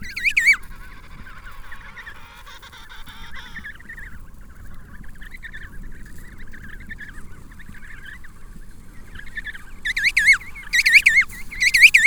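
Penguins calling, a loud wavering call opening, soft overlapping colony chatter in between, then a series of strong harmonic calls toward the end.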